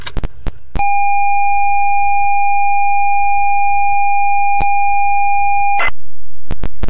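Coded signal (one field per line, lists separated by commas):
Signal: ZX Spectrum tape loading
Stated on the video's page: ZX Spectrum game tape loading signal, played on a laptop in the Retro Virtual Machine emulator.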